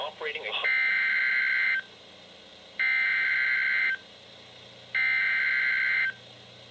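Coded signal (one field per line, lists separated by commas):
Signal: Emergency Alert System (SAME) tones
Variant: header bursts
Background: speech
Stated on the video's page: Real NOAA Weather Radio alerts during a severe weather night, received on several weather radios including a Bearcat BC-W and Midland Weathermax.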